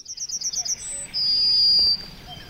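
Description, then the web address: Yellowhammer song, a fast series of short high repeated notes followed by a brief higher note and a long drawn-out final whistle. "Naturpark Canyon. Goldammer"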